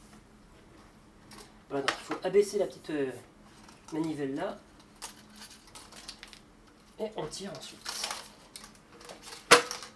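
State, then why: Seated. Someone talks while the folded stem of a KWheel H8 (Chuanglu H8) electric scooter is raised to vertical in its folding hinge. Its metal folding latch snaps shut with a sharp click at 8.6 s, locking the stem upright automatically once it reaches the vertical position.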